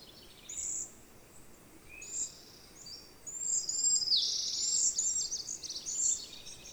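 Bird song: faint high chirps early on, then a louder run of rapid, tumbling high notes and trills after a few seconds, with light background hiss.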